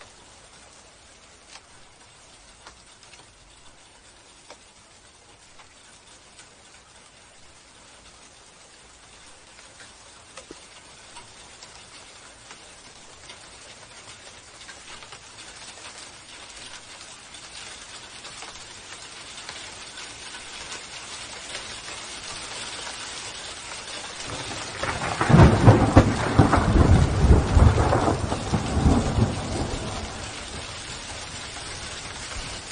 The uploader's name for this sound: small hailstones naturally hit the ground and leaves from high altitude